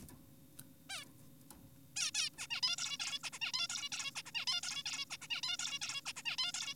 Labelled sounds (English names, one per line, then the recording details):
Zebra Finch
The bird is an adult
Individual g4p5U